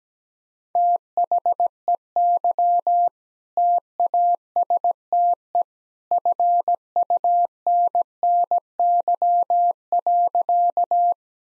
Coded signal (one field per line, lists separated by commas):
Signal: Morse code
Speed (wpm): 17 wpm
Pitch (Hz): 700 Hz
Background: none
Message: THEY TASTE FUNNY.